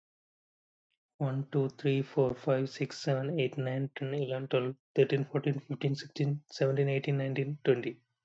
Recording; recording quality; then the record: counting at a fast pace; excellent, no background noise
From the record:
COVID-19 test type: RT-PCR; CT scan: not taken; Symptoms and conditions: cough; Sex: male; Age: 31 years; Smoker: no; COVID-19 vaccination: both doses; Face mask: not worn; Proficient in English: yes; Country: India